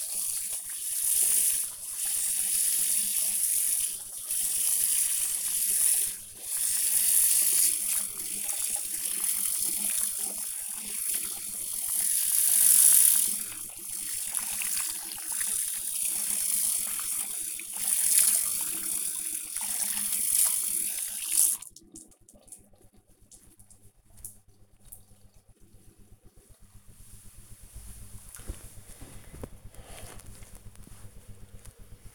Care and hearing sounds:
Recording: household activities, microphone on the right wrist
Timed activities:
0.00-23.57 s: washing hands

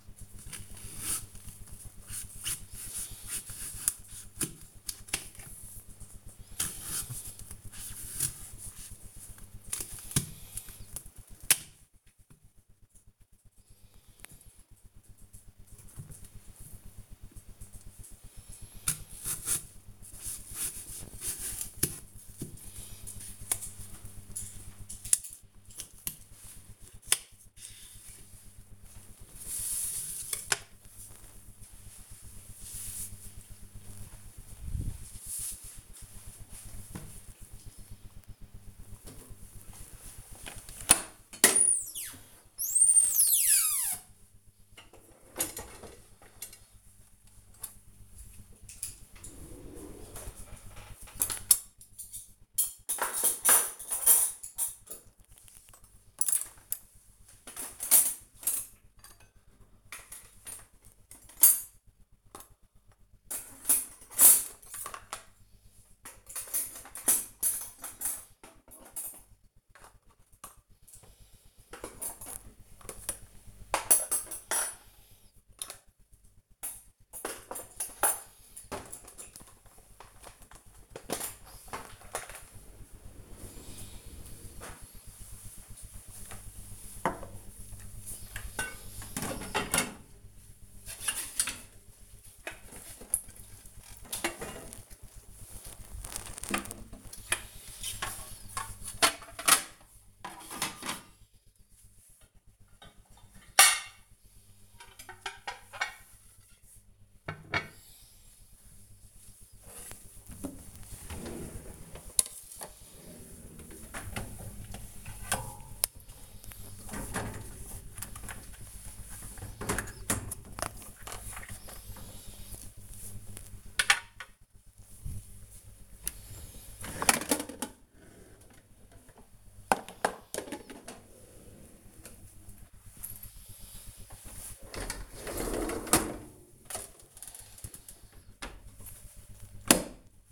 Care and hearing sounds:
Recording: household activities, microphone on the right wrist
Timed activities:
0.00-28.51 s: cutting vegetables
38.62-138.36 s: cleaning out the dishwasher

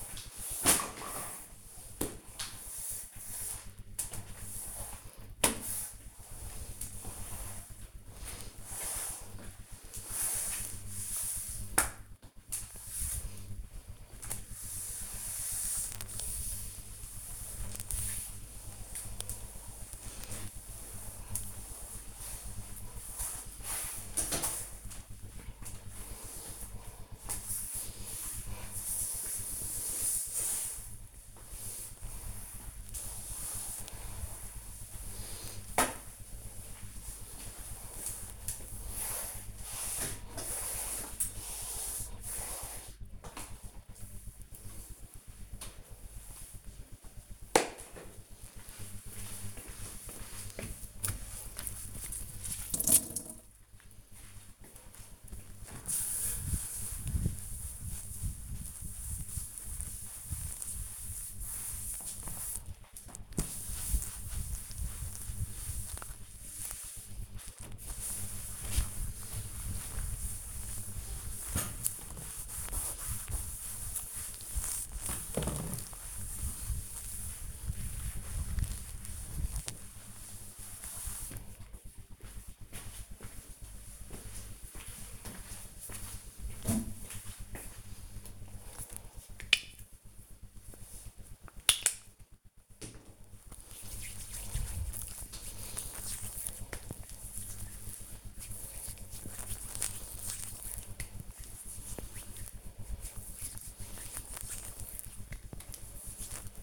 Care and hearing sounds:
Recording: household activities, microphone on the right wrist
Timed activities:
0.00-44.59 s: floor cleaning
53.61-80.71 s: cleaning table
87.75-104.82 s: cream hands

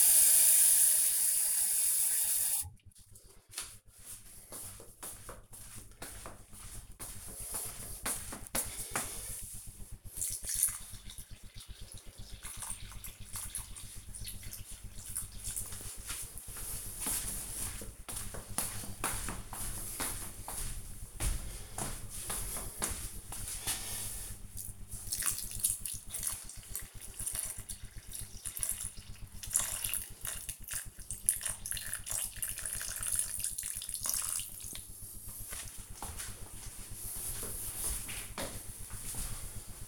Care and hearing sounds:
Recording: household activities, microphone on the right wrist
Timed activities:
0.00-34.88 s: watering plant

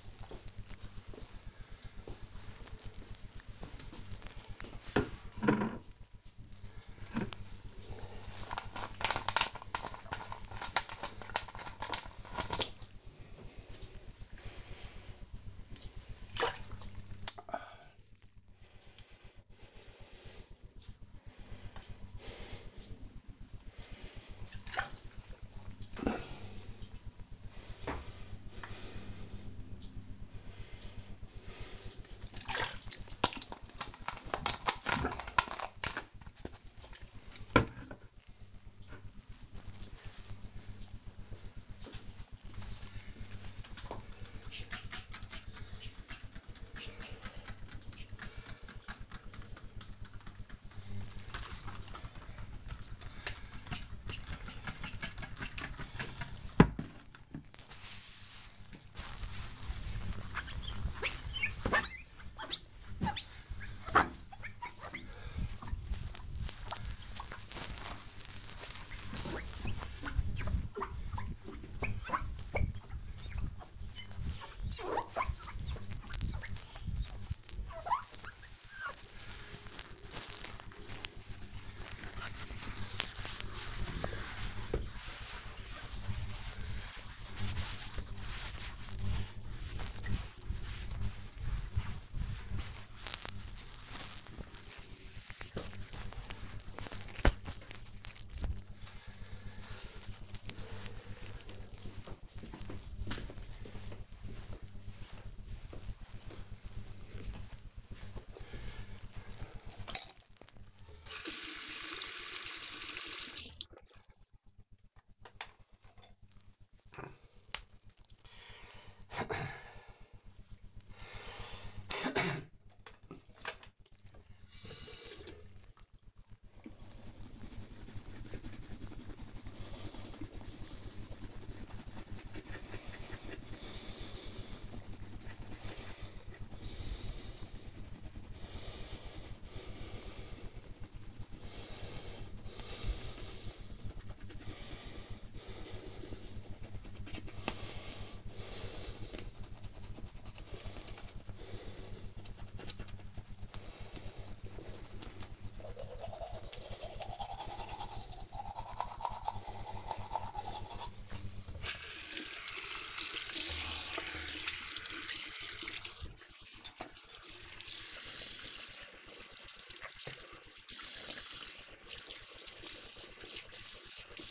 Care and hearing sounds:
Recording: household activities, microphone on the right wrist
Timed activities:
6.96-35.12 s: drinking
43.15-97.50 s: window cleaning
109.59-174.31 s: brushing teeth

